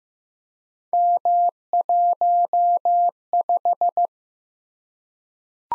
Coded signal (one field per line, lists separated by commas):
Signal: Morse code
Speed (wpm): 15 wpm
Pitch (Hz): 700 Hz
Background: none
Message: M15